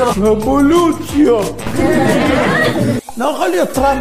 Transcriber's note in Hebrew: הקהל צוחק